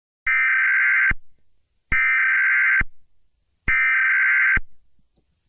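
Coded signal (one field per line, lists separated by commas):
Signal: Emergency Alert System (SAME) tones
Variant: header bursts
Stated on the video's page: Simulated emergency alerts edited into horror game footage, including child abduction, civil danger, law enforcement warning and emergency action notification.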